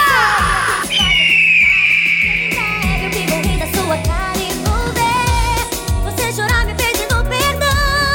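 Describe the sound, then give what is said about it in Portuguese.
A man lets out a long, loud, high-pitched yell that holds for a few seconds over pounding electronic dance music with a thumping bass beat, at a live DJ event in Salinas. “Solta logo o um grito aí, meu …! Grita, meu …!”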